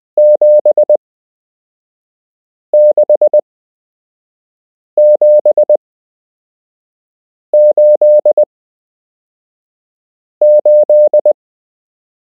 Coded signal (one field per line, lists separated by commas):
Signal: Morse code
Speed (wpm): 20 wpm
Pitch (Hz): 600 Hz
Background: none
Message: 76788